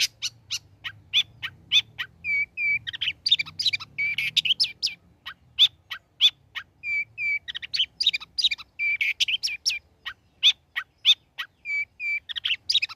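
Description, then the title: Long-tailed shrike song of chattering notes with clear, level whistled notes slotted in, repeated in similar phrases throughout. Bird described as singing actively (gacor); recording made as tutor song (masteran) for training songbirds. "Cendet Gacor Cocok Untuk Masteran"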